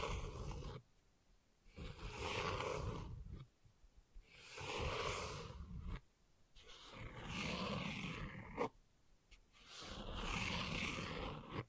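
Gentle scratching comes in rasping bursts of about one to two seconds, separated by short silent gaps. Each burst is dense and textured, with a low rough layer under brighter scraping detail, swelling and fading smoothly. A small click falls near the ninth second.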